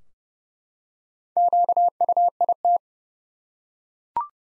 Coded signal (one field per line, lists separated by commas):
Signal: Morse code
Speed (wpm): 30 wpm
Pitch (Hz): 700 Hz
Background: none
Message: QUIT